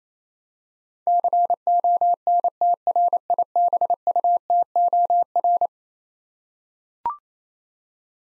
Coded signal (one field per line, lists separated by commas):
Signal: Morse code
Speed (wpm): 27 wpm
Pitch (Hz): 700 Hz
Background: none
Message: CONTRIBUTOR